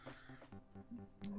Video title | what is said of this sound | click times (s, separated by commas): Designing Buckles, Clips and Snaps for 3D Printing - Detailed Guide | in here that snap that's the internal catches releasing | 1.2 s